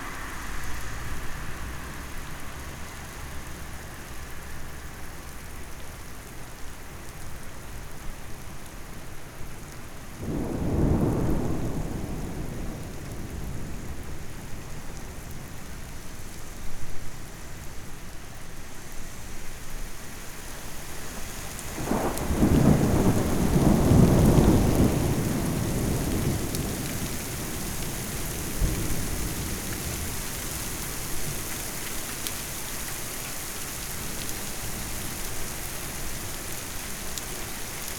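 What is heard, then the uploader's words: A distant thunderstorm with steady rain hissing throughout. A low rumble of thunder swells around eleven seconds and fades, then a longer, heavier roll builds near twenty-two seconds, peaks around twenty-four and trails off slowly. Distant Thunderstorm.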